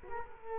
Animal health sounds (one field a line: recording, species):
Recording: mosquito wingbeat signal from an infrared sensor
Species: Culex quinquefasciatus